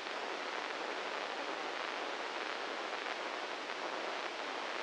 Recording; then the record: brain microelectrode recording played as sound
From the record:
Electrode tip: inside the subthalamic nucleus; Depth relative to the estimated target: 1 mm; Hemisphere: right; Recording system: NeuroSet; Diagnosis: Parkinson's disease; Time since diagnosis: 15 years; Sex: male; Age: 65 years